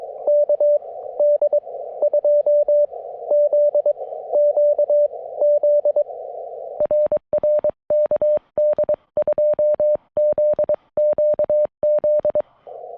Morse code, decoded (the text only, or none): KD2ZQZ RR KD2ZQZ